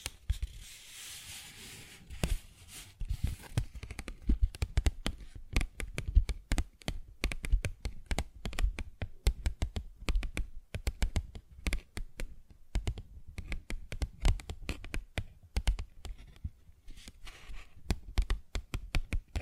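A paper bag is tapped and scratched in quick, uneven bursts of sharp clicks that continue for the whole stretch. A crinkly, hissing rustle fills the first two seconds, then gives way to dense, irregular taps with brief pauses, some louder hits standing out.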